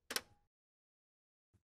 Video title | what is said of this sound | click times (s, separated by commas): How to avoid crooked scans/copies when using HP multifunction printers - HP Printers - HP Support | To properly close the cover, press down on it until you hear a click. | 0.1 s, 0.2 s